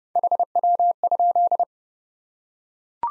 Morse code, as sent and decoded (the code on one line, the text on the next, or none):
.... .-- ..--..
HW?